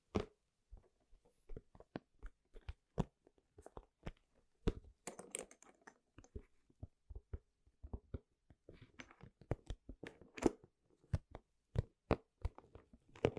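Household objects are knocked and handled, making a run of sharp clicks, taps and thuds, roughly two or three a second and unevenly spaced. Some hits are bright and cracking, others dull and low, with brief rustling scrapes between them, busiest around five and ten seconds.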